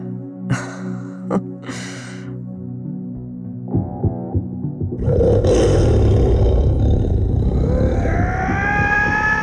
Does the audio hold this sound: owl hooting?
no